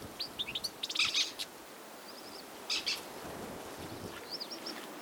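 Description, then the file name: European goldfinch giving short tinkling chirps and twittering notes in scattered bursts, with a few thin high notes, over steady background hiss. "chardonneret elegant - carduelis carduelis"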